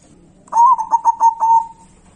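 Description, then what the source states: Zebra dove song: a quick run of about five staccato cooing notes at steady mid pitch, the last one trailing off smoothly. Local zebra dove.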